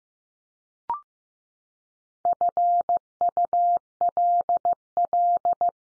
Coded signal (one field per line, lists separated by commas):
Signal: Morse code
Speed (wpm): 15 wpm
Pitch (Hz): 700 Hz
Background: none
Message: FULL